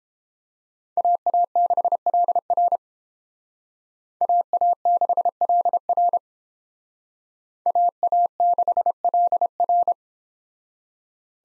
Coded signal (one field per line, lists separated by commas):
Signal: Morse code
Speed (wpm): 30 wpm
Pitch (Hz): 700 Hz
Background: none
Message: AA6LR AA6LR AA6LR